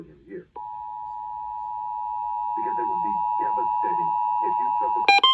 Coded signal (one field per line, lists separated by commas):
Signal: Emergency Alert System (SAME) tones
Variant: 853 and 960 Hz attention tone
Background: speech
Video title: August 2024 Texas Required Monthly Test (EAS #647-660)